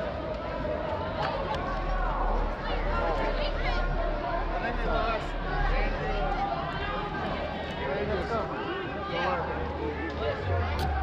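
A crowd at an outdoor reggae concert, with many voices talking at once in a steady, dense babble. A low, constant rumble sits underneath throughout, and occasional brief knocks and clicks pop out of the chatter.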